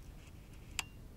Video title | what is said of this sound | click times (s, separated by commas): Lumix DMC-GH2 Basics | until we hear a click and then remove our lens cap and we're right to go | 0.8 s